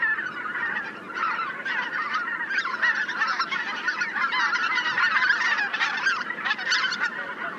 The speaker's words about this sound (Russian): А вот это белолобый гусь.